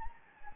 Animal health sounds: mosquito wingbeat signal from an infrared sensor; Anopheles gambiae

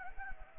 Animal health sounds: mosquito wingbeat signal from an infrared sensor; Anopheles arabiensis

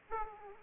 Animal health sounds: mosquito wingbeat signal from an infrared sensor; Aedes aegypti

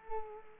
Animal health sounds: mosquito wingbeat signal from an infrared sensor; Culex quinquefasciatus

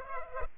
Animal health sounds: mosquito wingbeat signal from an infrared sensor; Culex pipiens

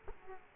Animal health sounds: mosquito wingbeat signal from an infrared sensor; Culex quinquefasciatus

